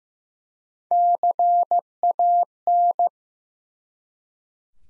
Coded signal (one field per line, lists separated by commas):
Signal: Morse code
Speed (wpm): 15 wpm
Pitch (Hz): 700 Hz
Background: none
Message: CAN